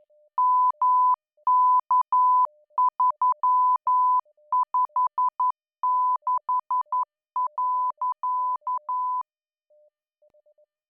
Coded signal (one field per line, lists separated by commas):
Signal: Morse code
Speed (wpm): 11 wpm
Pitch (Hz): 1000 Hz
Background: none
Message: MK356.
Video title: Improve Your Morse Code - Swaffham ATC Cold War Cadets